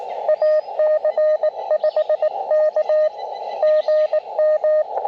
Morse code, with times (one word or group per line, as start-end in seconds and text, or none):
0.3-3.1 AC5K
3.6-4.8 GM